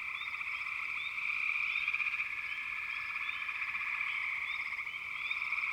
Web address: The Natural Sounds of the Wilderness 10 CDs collection Echoes of Nature - American Wilds 04 Frog Chourus